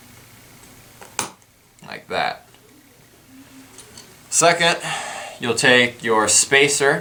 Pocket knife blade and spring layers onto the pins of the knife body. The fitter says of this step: but you'll hear a nice click when everything pops together like that